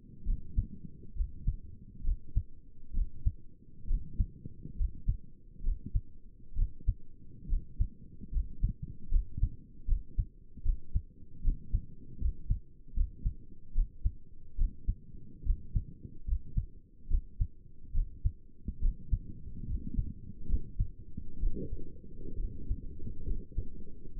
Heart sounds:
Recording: heart sounds by stethoscope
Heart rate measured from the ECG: 70 bpm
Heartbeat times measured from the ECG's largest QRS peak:
0.26 s: heartbeat
1.16 s: heartbeat
2.05 s: heartbeat
2.94 s: heartbeat
3.88 s: heartbeat
4.77 s: heartbeat
5.64 s: heartbeat
6.56 s: heartbeat
7.49 s: heartbeat
8.33 s: heartbeat
9.11 s: heartbeat
9.88 s: heartbeat
10.65 s: heartbeat
11.44 s: heartbeat
12.21 s: heartbeat
12.96 s: heartbeat
13.75 s: heartbeat
14.58 s: heartbeat
15.46 s: heartbeat
16.27 s: heartbeat
17.10 s: heartbeat
17.95 s: heartbeat
18.82 s: heartbeat
19.68 s: heartbeat
20.49 s: heartbeat
21.41 s: heartbeat
22.39 s: heartbeat
23.26 s: heartbeat
24.17 s: heartbeat
From the record:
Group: healthy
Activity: rest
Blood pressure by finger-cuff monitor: 94/57 mmHg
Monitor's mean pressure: 68 mmHg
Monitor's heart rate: 69 bpm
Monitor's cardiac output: 6.4 L/min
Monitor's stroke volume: 92 mL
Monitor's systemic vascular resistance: 740 dyn s/cm5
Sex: male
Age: 22 years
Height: 181 cm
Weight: 79 kg

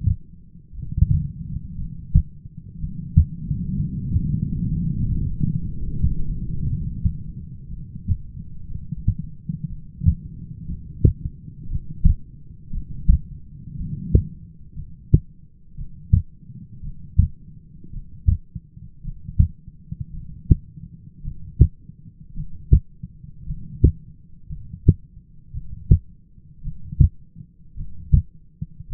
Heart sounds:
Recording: heart sounds by stethoscope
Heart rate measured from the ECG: 58 bpm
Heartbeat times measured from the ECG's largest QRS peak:
0.74 s: heartbeat
1.77 s: heartbeat
2.79 s: heartbeat
3.75 s: heartbeat
4.70 s: heartbeat
5.65 s: heartbeat
6.66 s: heartbeat
7.70 s: heartbeat
8.69 s: heartbeat
9.69 s: heartbeat
10.67 s: heartbeat
11.69 s: heartbeat
12.73 s: heartbeat
13.77 s: heartbeat
14.75 s: heartbeat
15.77 s: heartbeat
16.83 s: heartbeat
17.92 s: heartbeat
19.03 s: heartbeat
20.13 s: heartbeat
21.23 s: heartbeat
22.35 s: heartbeat
23.46 s: heartbeat
24.49 s: heartbeat
25.53 s: heartbeat
26.63 s: heartbeat
27.77 s: heartbeat
28.89 s: heartbeat
From the record:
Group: heart failure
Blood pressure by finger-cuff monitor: 111/66 mmHg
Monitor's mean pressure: 78 mmHg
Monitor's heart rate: 57 bpm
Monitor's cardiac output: 6.2 L/min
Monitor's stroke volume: 108 mL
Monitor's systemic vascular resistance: 900 dyn s/cm5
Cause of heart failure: dilated cardiomyopathy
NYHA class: 2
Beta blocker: bisoprolol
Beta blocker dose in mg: 10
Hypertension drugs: sacubitril-valsartan, spironolactone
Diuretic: furosemide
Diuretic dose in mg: 40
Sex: male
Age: 29 years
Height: 174 cm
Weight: 92 kg

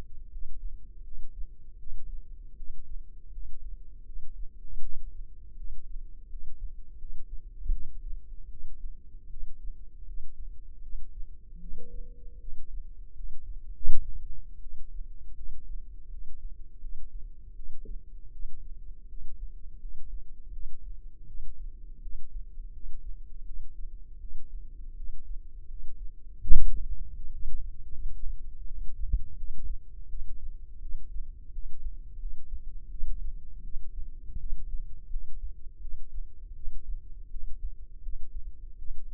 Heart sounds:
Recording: heart sounds by microphone in the left ear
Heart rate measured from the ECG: 81 bpm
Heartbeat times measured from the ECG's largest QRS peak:
0.29 s: heartbeat
1.02 s: heartbeat
1.77 s: heartbeat
2.54 s: heartbeat
3.30 s: heartbeat
4.03 s: heartbeat
4.79 s: heartbeat
5.54 s: heartbeat
6.27 s: heartbeat
6.96 s: heartbeat
7.70 s: heartbeat
8.48 s: heartbeat
9.27 s: heartbeat
10.03 s: heartbeat
10.80 s: heartbeat
11.58 s: heartbeat
12.38 s: heartbeat
13.12 s: heartbeat
13.84 s: heartbeat
14.58 s: heartbeat
15.33 s: heartbeat
16.08 s: heartbeat
16.78 s: heartbeat
17.53 s: heartbeat
18.30 s: heartbeat
19.06 s: heartbeat
19.77 s: heartbeat
20.50 s: heartbeat
21.24 s: heartbeat
22.00 s: heartbeat
22.70 s: heartbeat
23.43 s: heartbeat
24.18 s: heartbeat
24.94 s: heartbeat
25.66 s: heartbeat
26.39 s: heartbeat
27.14 s: heartbeat
27.91 s: heartbeat
28.65 s: heartbeat
29.35 s: heartbeat
30.07 s: heartbeat
30.79 s: heartbeat
31.50 s: heartbeat
32.17 s: heartbeat
32.88 s: heartbeat
33.61 s: heartbeat
34.37 s: heartbeat
35.07 s: heartbeat
35.78 s: heartbeat
36.53 s: heartbeat
37.28 s: heartbeat
38.00 s: heartbeat
38.76 s: heartbeat
From the record:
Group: healthy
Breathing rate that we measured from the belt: 19 breaths a minute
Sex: female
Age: 19 years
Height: 163 cm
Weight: 48.9 kg

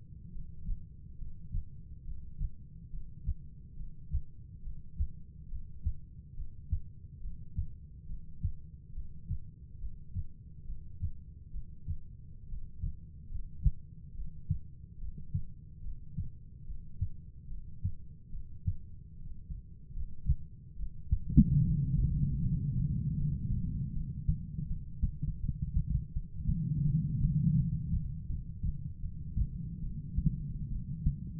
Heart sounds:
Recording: heart sounds by stethoscope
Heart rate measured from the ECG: 73 bpm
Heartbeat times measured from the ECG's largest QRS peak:
0.32 s: heartbeat
1.18 s: heartbeat
2.04 s: heartbeat
2.90 s: heartbeat
3.76 s: heartbeat
4.62 s: heartbeat
5.48 s: heartbeat
6.34 s: heartbeat
7.20 s: heartbeat
8.06 s: heartbeat
8.92 s: heartbeat
9.78 s: heartbeat
10.64 s: heartbeat
11.50 s: heartbeat
12.48 s: heartbeat
13.29 s: heartbeat
14.14 s: heartbeat
14.97 s: heartbeat
15.81 s: heartbeat
16.64 s: heartbeat
17.47 s: heartbeat
18.29 s: heartbeat
19.18 s: heartbeat
19.94 s: heartbeat
20.76 s: heartbeat
21.58 s: heartbeat
22.39 s: heartbeat
23.17 s: heartbeat
23.93 s: heartbeat
24.67 s: heartbeat
25.40 s: heartbeat
26.13 s: heartbeat
26.84 s: heartbeat
27.56 s: heartbeat
28.27 s: heartbeat
29.01 s: heartbeat
29.81 s: heartbeat
30.70 s: heartbeat
From the record:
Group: heart failure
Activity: breath hold 0-26 s, rest 26-31 s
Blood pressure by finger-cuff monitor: 73/54 mmHg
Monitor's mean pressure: 61 mmHg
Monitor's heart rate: 70 bpm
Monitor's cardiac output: 4.2 L/min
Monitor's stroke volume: 61 mL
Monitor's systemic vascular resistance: 990 dyn s/cm5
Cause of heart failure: non-ischemic cardiomyopathy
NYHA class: 1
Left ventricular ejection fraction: 42%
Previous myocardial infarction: absent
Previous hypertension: absent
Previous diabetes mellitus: absent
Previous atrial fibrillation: absent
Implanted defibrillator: present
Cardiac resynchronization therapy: absent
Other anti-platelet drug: absent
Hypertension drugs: sacubitril-valsartan, spironolactone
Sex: female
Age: 39 years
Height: 162 cm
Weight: 67.9 kg

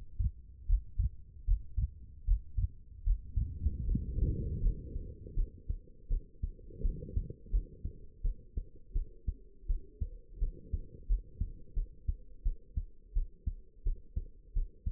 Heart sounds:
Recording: heart sounds by stethoscope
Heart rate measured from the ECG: 82 bpm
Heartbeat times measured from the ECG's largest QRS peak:
0.66 s: heartbeat
1.44 s: heartbeat
2.24 s: heartbeat
3.03 s: heartbeat
3.84 s: heartbeat
4.61 s: heartbeat
5.35 s: heartbeat
6.08 s: heartbeat
6.82 s: heartbeat
7.51 s: heartbeat
8.22 s: heartbeat
8.93 s: heartbeat
9.67 s: heartbeat
10.39 s: heartbeat
11.07 s: heartbeat
11.75 s: heartbeat
12.44 s: heartbeat
13.14 s: heartbeat
13.84 s: heartbeat
14.54 s: heartbeat
From the record:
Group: healthy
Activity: Valsalva maneuver 0-8 s, rest 8-15 s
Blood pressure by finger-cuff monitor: 82/50 mmHg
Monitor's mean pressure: 65 mmHg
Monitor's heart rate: 82 bpm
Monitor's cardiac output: 7.5 L/min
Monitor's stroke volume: 94 mL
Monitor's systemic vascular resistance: 570 dyn s/cm5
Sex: female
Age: 22 years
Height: 161 cm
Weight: 65.5 kg

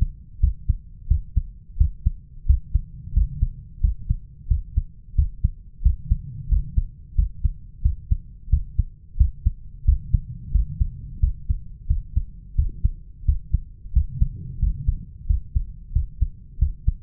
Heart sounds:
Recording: heart sounds by stethoscope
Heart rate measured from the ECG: 89 bpm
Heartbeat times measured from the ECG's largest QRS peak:
0.42 s: heartbeat
1.10 s: heartbeat
1.79 s: heartbeat
2.48 s: heartbeat
3.16 s: heartbeat
3.83 s: heartbeat
4.50 s: heartbeat
5.17 s: heartbeat
5.84 s: heartbeat
6.51 s: heartbeat
7.17 s: heartbeat
7.84 s: heartbeat
8.52 s: heartbeat
9.19 s: heartbeat
9.87 s: heartbeat
10.54 s: heartbeat
11.22 s: heartbeat
11.89 s: heartbeat
12.57 s: heartbeat
13.27 s: heartbeat
13.95 s: heartbeat
14.61 s: heartbeat
15.29 s: heartbeat
15.94 s: heartbeat
16.61 s: heartbeat
From the record:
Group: healthy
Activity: rest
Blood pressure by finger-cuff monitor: 146/88 mmHg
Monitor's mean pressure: 106 mmHg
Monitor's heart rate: 89 bpm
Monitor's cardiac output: 7.3 L/min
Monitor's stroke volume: 83 mL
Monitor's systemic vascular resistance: 1090 dyn s/cm5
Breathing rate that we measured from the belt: 16 breaths a minute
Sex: male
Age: 21 years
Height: 175 cm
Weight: 72.6 kg

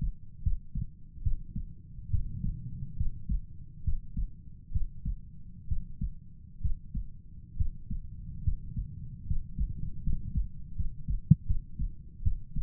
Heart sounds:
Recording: heart sounds by stethoscope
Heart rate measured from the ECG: 71 bpm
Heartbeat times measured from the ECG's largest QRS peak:
0.43 s: heartbeat
1.23 s: heartbeat
2.10 s: heartbeat
2.97 s: heartbeat
3.84 s: heartbeat
4.72 s: heartbeat
5.68 s: heartbeat
6.61 s: heartbeat
7.57 s: heartbeat
8.43 s: heartbeat
9.27 s: heartbeat
10.03 s: heartbeat
10.76 s: heartbeat
11.46 s: heartbeat
12.23 s: heartbeat
From the record:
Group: healthy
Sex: male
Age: 35 years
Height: 178 cm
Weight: 64 kg

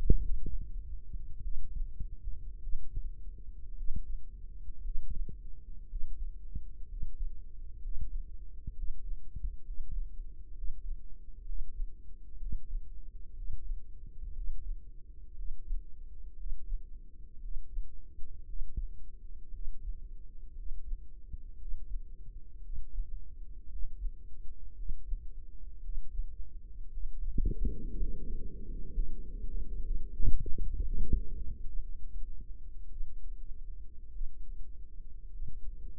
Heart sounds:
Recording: heart sounds by microphone in the right ear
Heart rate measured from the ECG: 58 bpm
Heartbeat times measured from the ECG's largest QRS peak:
0.20 s: heartbeat
1.41 s: heartbeat
2.60 s: heartbeat
3.74 s: heartbeat
4.81 s: heartbeat
5.87 s: heartbeat
6.87 s: heartbeat
7.80 s: heartbeat
8.73 s: heartbeat
9.63 s: heartbeat
10.53 s: heartbeat
11.44 s: heartbeat
12.37 s: heartbeat
13.33 s: heartbeat
14.33 s: heartbeat
15.34 s: heartbeat
16.36 s: heartbeat
17.40 s: heartbeat
18.45 s: heartbeat
19.51 s: heartbeat
20.55 s: heartbeat
21.57 s: heartbeat
22.62 s: heartbeat
23.68 s: heartbeat
24.75 s: heartbeat
25.81 s: heartbeat
26.89 s: heartbeat
27.96 s: heartbeat
28.92 s: heartbeat
29.83 s: heartbeat
30.80 s: heartbeat
31.65 s: heartbeat
32.90 s: heartbeat
34.12 s: heartbeat
35.31 s: heartbeat
From the record:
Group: healthy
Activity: breath hold 0-27 s, rest 27-36 s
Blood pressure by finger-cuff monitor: 104/64 mmHg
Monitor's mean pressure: 74 mmHg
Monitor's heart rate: 57 bpm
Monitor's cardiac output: 4.8 L/min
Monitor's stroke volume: 82 mL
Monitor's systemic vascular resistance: 1060 dyn s/cm5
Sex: female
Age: 28 years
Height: 170 cm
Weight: 77 kg

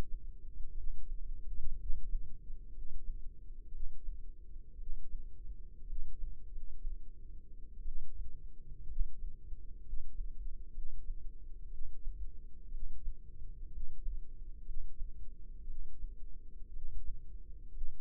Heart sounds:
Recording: heart sounds by microphone in the left ear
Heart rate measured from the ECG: 60 bpm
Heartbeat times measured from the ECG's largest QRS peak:
0.72 s: heartbeat
1.75 s: heartbeat
2.69 s: heartbeat
3.68 s: heartbeat
4.74 s: heartbeat
5.83 s: heartbeat
6.48 s: heartbeat
7.81 s: heartbeat
8.84 s: heartbeat
9.81 s: heartbeat
10.70 s: heartbeat
11.67 s: heartbeat
12.68 s: heartbeat
13.68 s: heartbeat
14.62 s: heartbeat
15.64 s: heartbeat
16.70 s: heartbeat
17.69 s: heartbeat
From the record:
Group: healthy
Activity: rest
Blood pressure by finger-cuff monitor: 107/68 mmHg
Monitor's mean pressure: 80 mmHg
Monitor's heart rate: 61 bpm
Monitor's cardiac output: 5 L/min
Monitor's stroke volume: 83 mL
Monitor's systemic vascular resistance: 1140 dyn s/cm5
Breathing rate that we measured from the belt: 16 breaths a minute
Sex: female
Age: 22 years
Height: 171 cm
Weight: 65.6 kg

